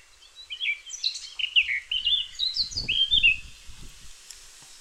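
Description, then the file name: Eurasian blackcap song, a varied warbling phrase of quick high whistled and chattering notes, with soft low rumbling thuds in the background. "Sylvia atricapilla"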